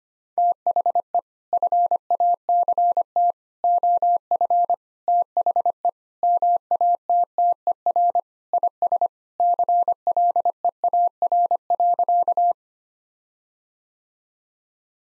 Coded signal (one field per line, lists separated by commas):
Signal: Morse code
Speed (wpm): 25 wpm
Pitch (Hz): 700 Hz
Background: none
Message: THE FACT OF THE MATTER IS CLEAR.